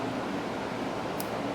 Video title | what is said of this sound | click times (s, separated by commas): F-150 Rebuild Harness Install Componets Location | there's one snapped into place | 1.2 s